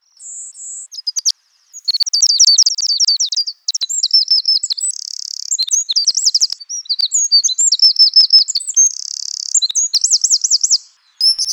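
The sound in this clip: Bird song of high, thin notes: quick chirps, rapid rising-and-falling trilled phrases and short buzzy bursts, broken by brief pauses.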